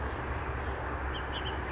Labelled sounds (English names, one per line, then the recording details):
Bullock's Oriole
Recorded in Sonoma County, California